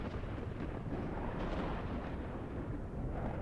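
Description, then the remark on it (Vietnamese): A loud lightning strike and thunder crash, heard as a dense, continuous roaring rumble heavy in the low end that stays forceful for the whole few seconds, with no voices. “Một tia sét từ thiên không giáng thẳng vào con thủy quỷ.”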